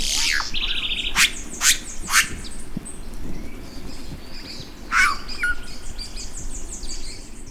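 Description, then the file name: Red-rumped cacique calls: loud sharp notes and a quick buzzy rattle, irregularly spaced. Recorded in Itatiaia National Park, Brazil, on 25 August 2000. "Cacicus-haemorrhous-Itatiaia NP-Brazil-25-8-00-MD-ASilveira"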